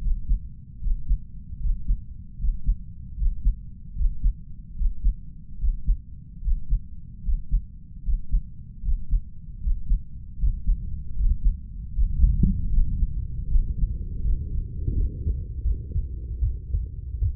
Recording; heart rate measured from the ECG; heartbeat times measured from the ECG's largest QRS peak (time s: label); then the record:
heart sounds by stethoscope; 77 bpm
0.01 s: heartbeat
0.80 s: heartbeat
1.59 s: heartbeat
2.38 s: heartbeat
3.16 s: heartbeat
3.95 s: heartbeat
4.75 s: heartbeat
5.58 s: heartbeat
6.41 s: heartbeat
7.22 s: heartbeat
8.03 s: heartbeat
8.82 s: heartbeat
9.60 s: heartbeat
10.37 s: heartbeat
11.15 s: heartbeat
11.92 s: heartbeat
12.69 s: heartbeat
13.47 s: heartbeat
14.22 s: heartbeat
14.93 s: heartbeat
15.62 s: heartbeat
16.39 s: heartbeat
17.19 s: heartbeat
From the record:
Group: healthy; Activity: breath hold 0-12 s, rest 12-17 s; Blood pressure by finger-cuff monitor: 125/57 mmHg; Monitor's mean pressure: 78 mmHg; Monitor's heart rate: 77 bpm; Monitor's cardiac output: 7.7 L/min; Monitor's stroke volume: 103 mL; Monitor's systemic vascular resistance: 710 dyn s/cm5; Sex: female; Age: 32 years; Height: 168 cm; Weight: 61.9 kg